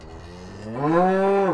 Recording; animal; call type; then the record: contact call of a hoofed animal; cattle; low-frequency (closed-mouth) or high-frequency (open-mouth) call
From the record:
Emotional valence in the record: negative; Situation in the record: full separation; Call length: 1.54 s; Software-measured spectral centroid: 1080 Hz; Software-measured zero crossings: 1350 a second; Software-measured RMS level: -22 dBFS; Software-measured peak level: -7 dBFS